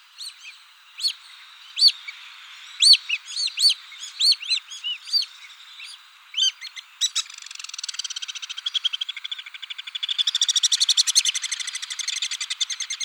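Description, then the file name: Alpine swift calls: spaced, sharp twittering notes at first, quickening into a dense chattering trill toward the end. "rondone maggiore"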